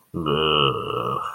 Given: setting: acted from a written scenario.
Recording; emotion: vocal sound without words; contempt